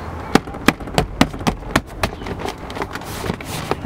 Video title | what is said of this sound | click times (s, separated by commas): How to fix a Mercedes Benz C-Class head rest deployed after accident - W203 | lock it back into place it's | 0.3 s, 0.7 s, 1.0 s, 1.2 s, 1.8 s, 2.0 s